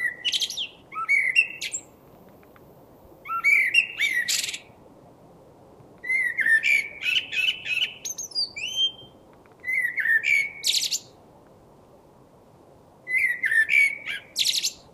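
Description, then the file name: Common blackbird song: short fluty warbled phrases ending in high squeaky twitters, delivered every few seconds with pauses between, over faint steady background hiss. "Turdus merula"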